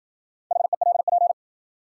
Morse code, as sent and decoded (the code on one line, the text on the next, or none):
.... . .-.. .--.
HELP